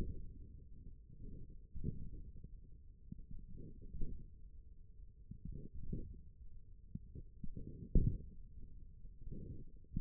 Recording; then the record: forearm muscle sounds (acoustic myography)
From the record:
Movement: index flexion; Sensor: system 1, eight BSWA MPA416 microphones around the upper forearm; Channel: 7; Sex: male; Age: 28 years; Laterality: right